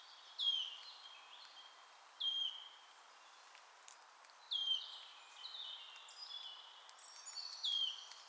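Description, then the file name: Wood warbler giving falling, whistled piping notes at irregular intervals, mixed with soft twittering and high chirps from other birds. "sisego fuzike hangja"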